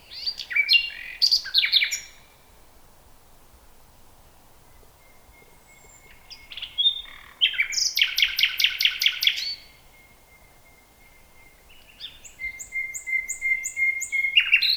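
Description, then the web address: Common nightingale singing varied phrases: chattering bursts, long thin whistles held steady, and a fast loud rattle of repeated notes between pauses. "nachtegaal luscinia megarhynchos"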